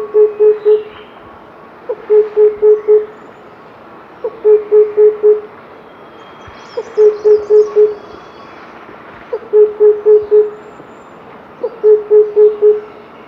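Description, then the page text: Oriental cuckoo singing deep, even hoop notes grouped in fours, six phrases repeated a little over two seconds apart, faint high twittering of other birds in the background. "Oriental Cuckoo Song. Quick Sounds library"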